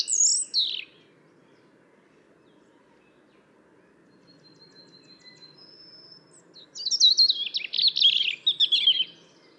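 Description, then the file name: European robin delivering a short, descending, high-pitched phrase, a near-silent gap with a faint thin tone, then a long rapid warbling phrase. "Erithacus rubecula"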